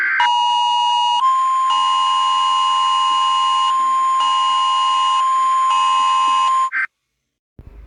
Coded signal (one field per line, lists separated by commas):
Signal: Emergency Alert System (SAME) tones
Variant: 1050 Hz attention tone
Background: music